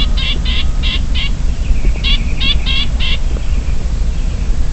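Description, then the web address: Chinese grassbird alarm: four rasping buzzy notes, a faint thin whistle, then four more harsh notes, with low rumbling background noise throughout. Subspecies sinicus; alarm call; recorded at Shanli, Guangxi, China, on 5 February 2012. "Chinese Grassbird Alarm Call China Guangxi Shanli 120205. graminicole de chine graminicola striatus ssp sinicus"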